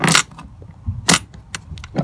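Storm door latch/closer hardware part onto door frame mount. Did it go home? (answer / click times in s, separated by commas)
no / none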